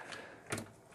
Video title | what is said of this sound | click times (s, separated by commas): Armpal Hydraulic Arm Game (Kit) Review | Oops, I popped that out. That's not a problem, that snaps right in. | 0.5 s